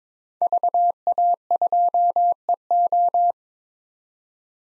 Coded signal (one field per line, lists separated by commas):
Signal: Morse code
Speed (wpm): 22 wpm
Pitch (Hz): 700 Hz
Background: none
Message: VA2EO